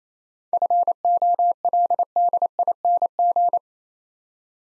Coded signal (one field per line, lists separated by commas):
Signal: Morse code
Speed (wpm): 28 wpm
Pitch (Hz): 700 Hz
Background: none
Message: FOLDING